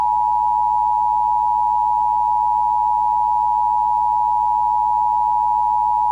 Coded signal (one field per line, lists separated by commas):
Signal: Emergency Alert System (SAME) tones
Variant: 853 and 960 Hz attention tone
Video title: EAS Mock - 2014 Tornado Emergency